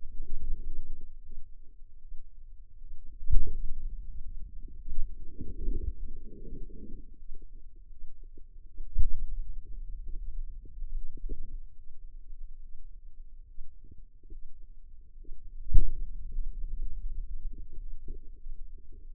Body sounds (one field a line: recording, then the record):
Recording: forearm muscle sounds (acoustic myography)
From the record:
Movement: finger pinch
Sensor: system 2, bracelet of six BSWA MPA416 microphones around the upper forearm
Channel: 5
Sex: female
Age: 25 years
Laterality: right